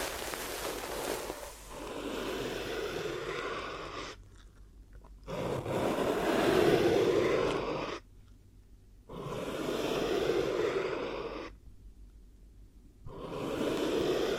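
Breathy, hissing bursts swell and fade, one of the triggers moved around the head and ears. Each burst lasts about two to three seconds and is separated by near silence, at roughly 4, 8 and 11.5 seconds. The texture is soft and airy with a low rumble beneath.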